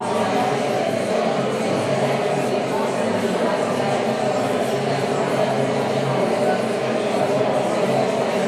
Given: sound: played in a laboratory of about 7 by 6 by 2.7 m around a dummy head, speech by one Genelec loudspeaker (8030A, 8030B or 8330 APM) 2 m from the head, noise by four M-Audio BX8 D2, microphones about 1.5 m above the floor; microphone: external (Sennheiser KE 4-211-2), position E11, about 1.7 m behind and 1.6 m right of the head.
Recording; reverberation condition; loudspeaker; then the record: babble noise; high; four, about 170 cm from the corners of the room and facing them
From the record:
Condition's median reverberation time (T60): about 1300 ms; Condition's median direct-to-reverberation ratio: about -4.0 dB